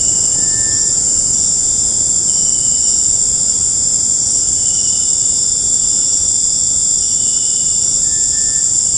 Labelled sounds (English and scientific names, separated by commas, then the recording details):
Cinereous Tinamou (Crypturellus cinereus)
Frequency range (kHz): Cinereous Tinamou (Crypturellus cinereus) 1.3-2.3 kHz
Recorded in secondary vegetation near Puerto Asís, Putumayo, Colombia, on 13 March 2025 at 18:30
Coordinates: 0.481, -76.318
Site G097